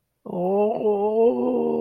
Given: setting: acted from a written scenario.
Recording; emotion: vocal sound without words; fear